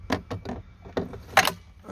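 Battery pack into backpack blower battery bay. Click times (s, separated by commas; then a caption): 1.4 s. A 40 V, 5 amp-hour lithium-ion battery pack is pushed into one of the two battery bays on a Hart 40 V brushless backpack leaf blower. Several light plastic knocks and rattles of handling come at about 0.1, 0.3, 0.5 and 1.0 seconds. The pack then snaps firmly into place with a loud, sharp click at 1.4 seconds, and it is seated.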